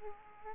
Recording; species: mosquito wingbeat signal from an infrared sensor; Aedes aegypti